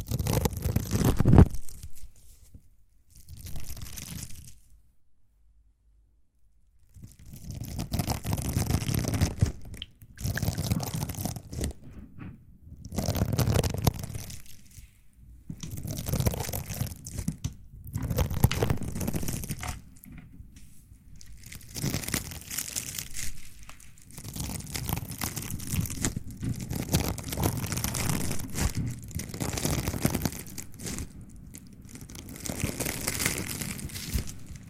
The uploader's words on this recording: ASMR mouth sounds + mic pumping, swirling, tapping, and gripping.